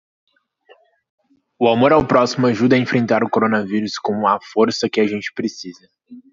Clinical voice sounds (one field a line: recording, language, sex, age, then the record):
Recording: spoken sentence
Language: Brazilian Portuguese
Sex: male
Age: 20 to 29 years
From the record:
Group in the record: control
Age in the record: 22 years